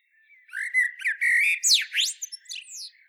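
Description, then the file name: Common blackbird singing: fluty warbled notes, then sweeping high squeals and soft twitters closing the phrase. "Turdus merula"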